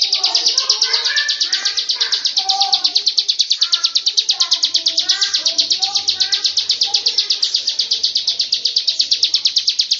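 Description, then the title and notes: Bird keeping up a steady, rapid series of high chirps, with softer, lower warbling notes behind it. "Bird Sound. Kicau Burung Lengkap"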